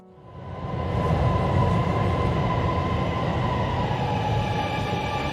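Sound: subway train running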